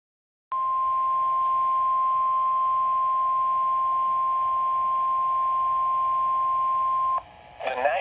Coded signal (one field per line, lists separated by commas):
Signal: Emergency Alert System (SAME) tones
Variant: 1050 Hz attention tone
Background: speech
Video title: EAS #487: Severe Thunderstorm Warning - Indiana (6/17/2026) (KEC74)